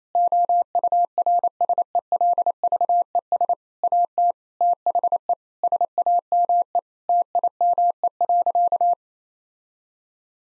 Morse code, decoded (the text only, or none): OURSELVES AT THE SAME TIME.